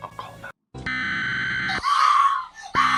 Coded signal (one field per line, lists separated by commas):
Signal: Emergency Alert System (SAME) tones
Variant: header bursts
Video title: European Reacts to Emergency Alert Systems (EAS) are Scary